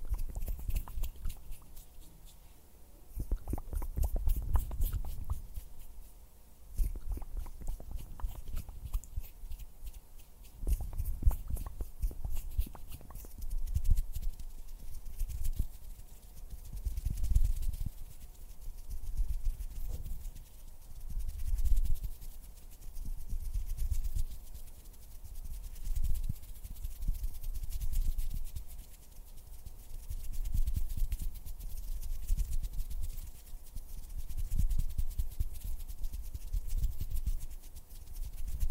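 Hand sounds and finger fluttering make soft, thumping bursts that swell and fade every couple of seconds, heavy in the low end with scattered clicks and taps. Quick rattling flutters run through the middle, and a faint steady hum sits underneath throughout.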